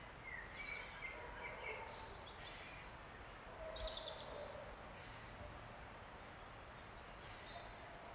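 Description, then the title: Wood warbler song beginning near the end, a run of high ticks starting to speed up, after softer chirps and whistles from other birds over a steady background hiss. Male singing from oak canopy in an ancient oak wood, steep-sided wooded valley, South Wales, Britain, May, just after rain stopped. "Sound Escape 16: listen to the cascade of wood warbler song in an ancient oak wood"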